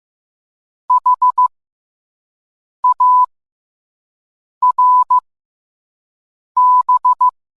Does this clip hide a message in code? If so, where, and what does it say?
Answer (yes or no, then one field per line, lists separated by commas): yes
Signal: Morse code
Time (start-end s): 0.9-7.3 s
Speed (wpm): 15 wpm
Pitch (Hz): 1000 Hz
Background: none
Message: HARB